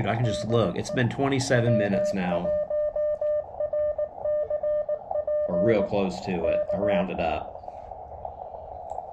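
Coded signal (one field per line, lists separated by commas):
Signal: Morse code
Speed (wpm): 19 wpm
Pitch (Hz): 600 Hz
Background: speech, music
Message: DE W1RCP K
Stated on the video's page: POTA activation on 15m with a KX2 and a DIY shortened base-loaded vertical antenna.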